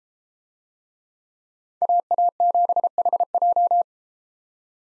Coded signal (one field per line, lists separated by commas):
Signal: Morse code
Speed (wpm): 31 wpm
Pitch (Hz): 700 Hz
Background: none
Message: AA7HJ